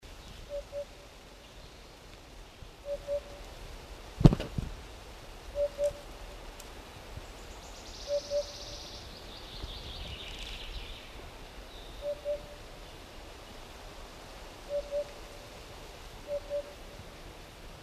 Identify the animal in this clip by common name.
Eurasian Hoopoe